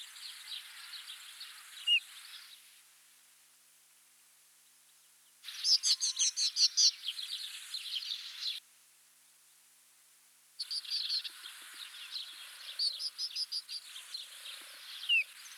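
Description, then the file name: Rufous-tailed scrub robin song in three long bursts of fast, jumbled chirping and warbled notes, with a few seconds of quiet between them. "Cercotrichas galactotes Agrobate roux"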